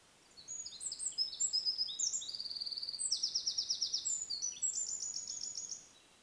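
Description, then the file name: Eurasian wren song, a very high string of quick notes and dry trills running for about five seconds, with a rapid rattling section midway and faint hiss behind. "Troglodytes troglodytes"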